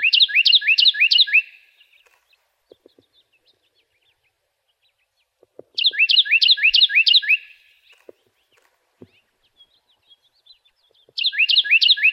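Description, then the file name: Cactus wren producing repeated bursts of harsh chugging notes in quick series, three phrases spaced roughly five and a half seconds apart, faint clicks between them. "CAWR 1 C deviche"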